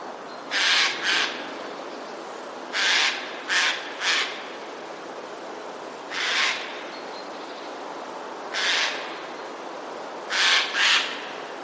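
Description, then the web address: Eurasian jay giving harsh, rasping screeches, singly, in pairs or in threes, bursts spaced about two to three seconds apart, over a steady background hiss. Alarm call; recorded 12 January 2020. "wroblowe ostrzegator sojka 12 01 2020"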